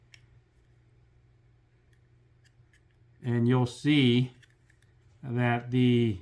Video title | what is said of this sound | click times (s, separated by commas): Girsan 2311 Full Reassembly | and then keep tension press until it snaps | 0.1 s